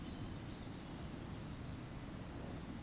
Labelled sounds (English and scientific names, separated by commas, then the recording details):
Eurasian Woodcock (Scolopax rusticola) whistle
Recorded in Baden-Württemberg, Germany, on 12 June 2020 at 19:59 UTC
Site 43738, 650 m above sea level